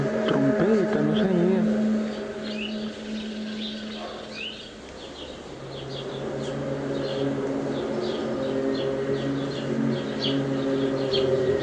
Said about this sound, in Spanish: Creo que nuestros amigos oyentes de inmediato habrán identificado el famoso eco, el sonido de la trompeta. Decían trompetas del apocalipsis, ¿no?